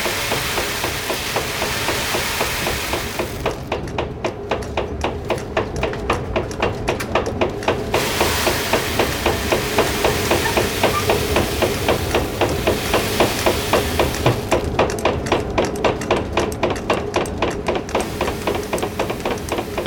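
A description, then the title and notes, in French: A water mill's machinery clatters steadily, a fast, even train of wooden knocks, about five per second, running the whole time. Beneath it sits a constant low rumble of churning water and gears, with the knocking briefly sharper around the middle. De l'eau au moulin. A 16 km de Langres (Haute Marne) se situe le moulin à eau de Baissey. Le moulin revit, la roue à aubes, les meules et les engrenages se remettent en mouvement. Réalisation : Olivier Noack.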